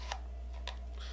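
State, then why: Seated. A pistol is pushed down into a molded inside-the-waistband holster until the retention catches. A short tick comes at 0.1 s, then a sharper, louder click at 0.7 s, over a steady low hum. The pistol is seated with a positive click and held firmly in the holster.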